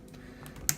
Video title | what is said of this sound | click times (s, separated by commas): Review of Smeg Fridge Freezer American Style | a little click in the top just allows that to come down quite james bond style | 0.7 s